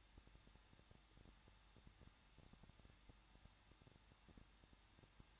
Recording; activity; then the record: daily activity, microphone in the room; no activity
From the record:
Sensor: 3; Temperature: 21.2 degrees Celsius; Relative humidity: 36.3%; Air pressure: 1006.3 hPa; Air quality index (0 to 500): 222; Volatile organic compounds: 41 ppm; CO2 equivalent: 3165 ppm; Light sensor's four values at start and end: 2/3/2/2 and 2/3/2/2